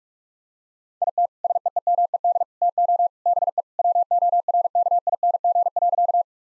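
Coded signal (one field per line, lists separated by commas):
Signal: Morse code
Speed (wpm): 46 wpm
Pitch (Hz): 700 Hz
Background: none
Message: IT SEEMED TO BE WORKING.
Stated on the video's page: Morse practice sentences of common three-word phrases at 45 wpm, each sent, spoken, then sent again.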